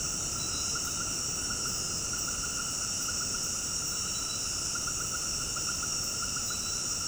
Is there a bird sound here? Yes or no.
no